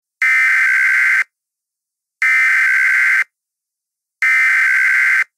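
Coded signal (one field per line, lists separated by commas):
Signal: Emergency Alert System (SAME) tones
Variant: header bursts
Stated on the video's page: Fictional EAS scenario about two hurricanes combining, not a real alert.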